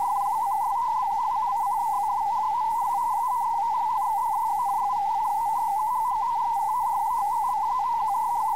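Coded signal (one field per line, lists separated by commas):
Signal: multi-tone FSK (Olivia or MFSK type)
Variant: Contestia 4/250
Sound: continuous warbling hop among a few close tones around 900 Hz, steady throughout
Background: faint steady tone, hiss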